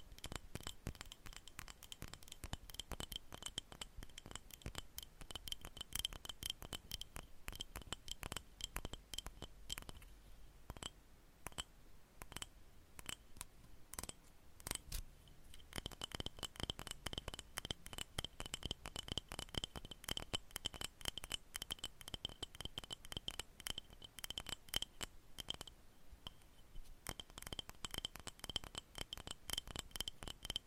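Long nails scratch and tap in a dense, continuous stream of sharp clicks and rasps, bright and crisp throughout the half minute. The pace stays busy with brief thinner stretches around ten and twenty-six seconds, and a faint steady high whine runs underneath.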